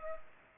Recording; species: mosquito wingbeat signal from an infrared sensor; Culex pipiens